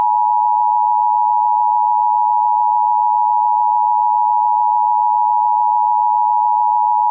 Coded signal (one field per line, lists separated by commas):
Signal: Emergency Alert System (SAME) tones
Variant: 853 and 960 Hz attention tone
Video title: All EAS Blue Alerts in WXRchive (DEADLY ALERTS!) EAS #83 - EAS #93